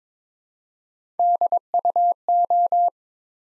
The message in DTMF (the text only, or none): none